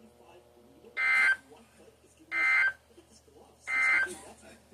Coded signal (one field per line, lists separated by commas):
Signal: Emergency Alert System (SAME) tones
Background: speech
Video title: SNOW SQUALL WARNINGS (EAS 46-49)